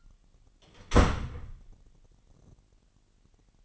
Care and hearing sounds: daily activity, microphone in the room; close door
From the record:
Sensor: 4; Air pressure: 999.2 hPa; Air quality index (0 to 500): 117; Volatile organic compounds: 2 ppm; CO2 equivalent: 1154 ppm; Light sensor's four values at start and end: 13/31/12/13 and 13/30/12/13

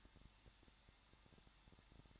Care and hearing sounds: daily activity, microphone in the room; no activity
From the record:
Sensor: 3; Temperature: 21.2 degrees Celsius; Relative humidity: 36.4%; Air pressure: 1006.4 hPa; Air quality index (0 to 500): 223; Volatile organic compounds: 43 ppm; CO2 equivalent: 3194 ppm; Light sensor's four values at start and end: 2/3/2/2 and 2/3/2/2

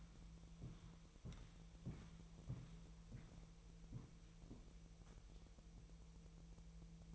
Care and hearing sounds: daily activity, microphone in the room; walk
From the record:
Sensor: 1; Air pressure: 1002.1 hPa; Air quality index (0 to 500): 236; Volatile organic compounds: 92 ppm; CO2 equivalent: 3700 ppm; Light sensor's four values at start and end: 8/19/8/9 and 8/19/8/9

